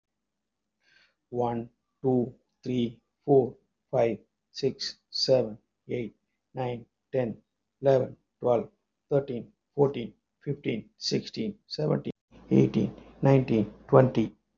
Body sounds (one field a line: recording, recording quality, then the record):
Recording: counting at a normal pace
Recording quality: excellent, no background noise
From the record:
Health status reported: healthy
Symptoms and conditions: none ticked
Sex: male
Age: 58 years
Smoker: not ticked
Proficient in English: yes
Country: India